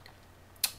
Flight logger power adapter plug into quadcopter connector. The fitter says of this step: Insert it in, push it home. There's a little click,